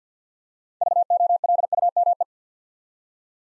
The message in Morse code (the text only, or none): VOLUME